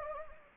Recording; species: mosquito wingbeat signal from an infrared sensor; Anopheles gambiae